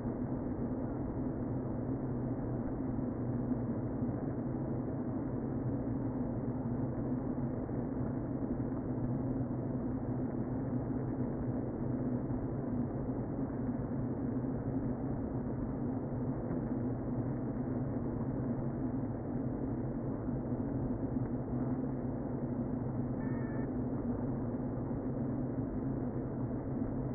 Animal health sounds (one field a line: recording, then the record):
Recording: honeybee colony, microphone inside the hive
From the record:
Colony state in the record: queen present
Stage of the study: before two queens were removed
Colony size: about 60,000 bees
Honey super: yes